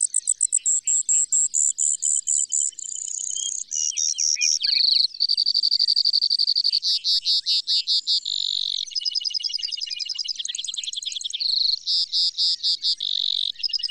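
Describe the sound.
Brewer's sparrow song, loud and unbroken, with fast trills, buzzes and rattles that often change pitch.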